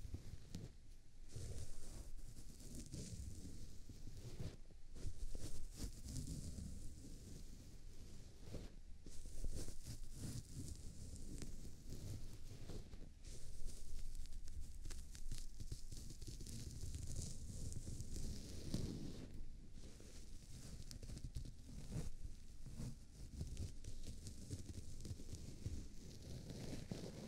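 Ears being cleaned and massaged, a continuous rubbing and crackling with soft muffled thumps. The texture swells and eases in slow waves, with denser bursts around 5, 9, 13 and 20 seconds, bright hiss riding over a low rumbling bed throughout.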